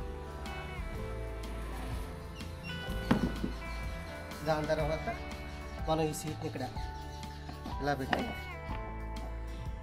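A touring seat is handled over the seat lock of a Royal Enfield Interceptor 650 motorcycle while someone talks over background music, with a brief sharp sound near 3.1 seconds. The seat has not yet seated or latched into its lock.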